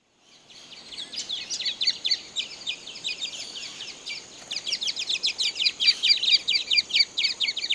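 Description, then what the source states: Bird song of rapid, high-pitched chirping notes, many short elements strung together in fast, continuous runs that pause briefly midway before resuming, with faint background hiss. Recorded in Papua New Guinea.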